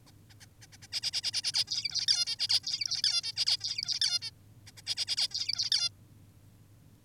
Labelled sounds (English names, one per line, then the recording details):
Zebra Finch
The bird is an adult
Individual g19o10U